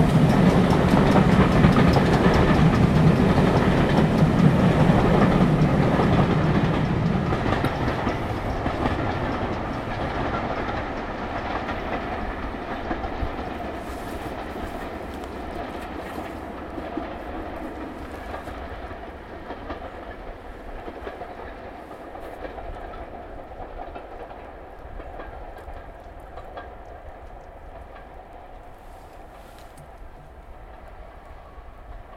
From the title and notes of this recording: "Witherslack Hall" storms through Kinchley Lane cutting. "Witherslack Hall" is BR built GWR designed locomotive designed by Hawksworth, and built in 1947.